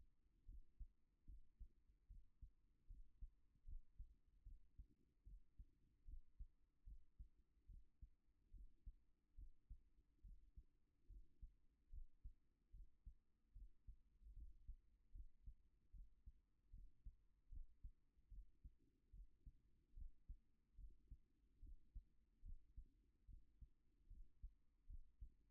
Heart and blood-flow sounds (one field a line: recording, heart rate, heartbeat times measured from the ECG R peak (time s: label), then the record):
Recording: heart sounds by stethoscope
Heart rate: 74 bpm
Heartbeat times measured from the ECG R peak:
0.44 s: heartbeat
1.25 s: heartbeat
2.06 s: heartbeat
2.86 s: heartbeat
3.64 s: heartbeat
4.42 s: heartbeat
5.23 s: heartbeat
6.04 s: heartbeat
6.83 s: heartbeat
7.65 s: heartbeat
8.50 s: heartbeat
9.34 s: heartbeat
10.20 s: heartbeat
11.06 s: heartbeat
11.89 s: heartbeat
12.70 s: heartbeat
13.52 s: heartbeat
14.32 s: heartbeat
15.11 s: heartbeat
15.90 s: heartbeat
16.69 s: heartbeat
17.48 s: heartbeat
18.28 s: heartbeat
19.09 s: heartbeat
19.93 s: heartbeat
20.74 s: heartbeat
21.59 s: heartbeat
22.41 s: heartbeat
23.25 s: heartbeat
24.07 s: heartbeat
24.86 s: heartbeat
From the record:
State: at rest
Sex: female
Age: 33 years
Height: 160 cm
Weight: 54 kg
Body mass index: 21.09